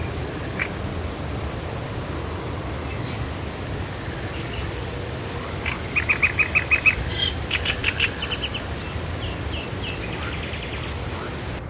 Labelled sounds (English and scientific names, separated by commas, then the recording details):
Great Reed Warbler (Acrocephalus arundinaceus) song
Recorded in the wild
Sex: male
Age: adult
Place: Karower Teiche, Naturpark Barnim, Berlin, DE
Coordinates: 52.6222, 13.46
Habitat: sedge
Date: 1993-05-12
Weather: sunny, 25°C
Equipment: Aiwa HD-S1, Sennheiser MKH 70
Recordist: Frommolt, Karl-Heinz
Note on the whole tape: Gesang am Nord-Ost-Teich, in der Nähe der Weggabelung. Entfernung ca. 10 m